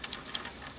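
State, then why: Seated. A spring bar held in a steel watch strap is pushed down with a spring bar tool and slid along the lug until its tip finds the lug hole and snaps in. Faint metallic ticks occur at 0.0 s and 0.1 s, then a sharp bright click at 0.3 s as the spring bar seats in the lug hole. That side of the strap is secure, and no one talks.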